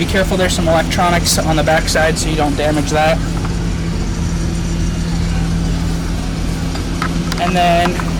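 Someone talks while handling a camera enclosure piece that is about to be pushed into its housing, over a steady low hum with a brief sharp sound near 7.0 seconds. Nothing has seated or clicked yet.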